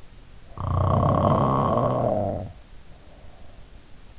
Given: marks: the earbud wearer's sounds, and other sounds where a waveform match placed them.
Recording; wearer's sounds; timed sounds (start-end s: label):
sounds in sleep by an in-ear microphone; snoring breath
0.41-4.02 s: snoring breath